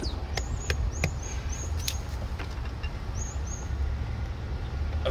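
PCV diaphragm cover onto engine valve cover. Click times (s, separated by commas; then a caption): 0.4 s, 0.7 s, 1.0 s, 1.9 s. A new plastic PCV diaphragm cover is pressed by hand onto the engine valve cover of a 2009 Volkswagen CC. Sharp clicks sound at 0.4, 0.7, 1.0 and 1.9 seconds over a steady low rumble as its clips click into place, and the cover is seated.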